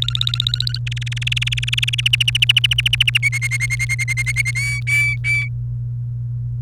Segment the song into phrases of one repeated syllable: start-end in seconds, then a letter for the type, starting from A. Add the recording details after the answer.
0.02-0.78 A, 0.87-2.01 B, 2.06-3.18 C, 3.23-4.51 D, 4.55-5.48 E. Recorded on 29 April 2018 at 13:01. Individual llb3